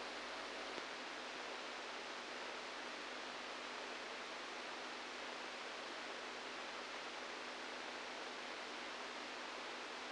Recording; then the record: brain microelectrode recording played as sound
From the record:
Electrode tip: inside the subthalamic nucleus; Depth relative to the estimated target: -3 mm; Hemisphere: right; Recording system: NeuroSet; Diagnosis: Parkinson's disease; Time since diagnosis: 7 years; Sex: male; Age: 69 years